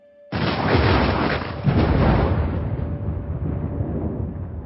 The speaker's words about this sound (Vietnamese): bây giờ tiếng sấm ngoài trời đang nổ liên hồi, trong tòa lũy cổ hoang phế lại âm u tối tăm, thành thử ai nấy đều căng thẳng sợ hãi.